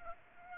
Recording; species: mosquito wingbeat signal from an infrared sensor; Aedes aegypti